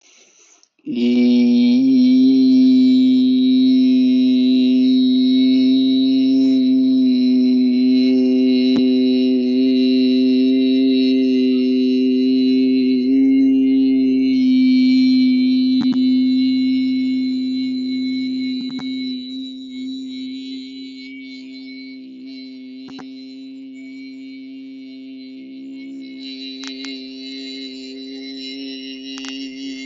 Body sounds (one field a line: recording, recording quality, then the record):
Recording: sustained vowel as in beet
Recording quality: excellent, no background noise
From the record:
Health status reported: healthy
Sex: male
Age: 30 years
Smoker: yes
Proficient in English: yes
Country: India